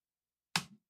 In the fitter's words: pop. See the magnet just kind of sucks it in.